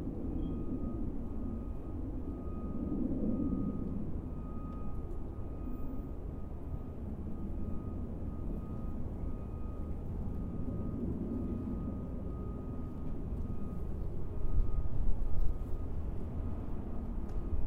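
A low, steady rumble of planes and traffic fills the whole recording, swelling gently around three and eleven seconds and growing loudest near the end. A thin, steady high tone runs underneath, with a few faint ticks scattered through.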